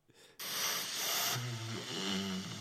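A single rough, low-pitched snore after a burst of hiss, from an adult sleeper, captured overnight by a sleep-tracking app and played back on a phone.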